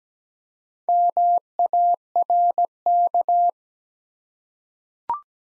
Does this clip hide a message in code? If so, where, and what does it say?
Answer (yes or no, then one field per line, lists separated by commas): yes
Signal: Morse code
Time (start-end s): 0.9-3.5 s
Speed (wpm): 17 wpm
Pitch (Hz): 700 Hz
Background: none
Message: MARK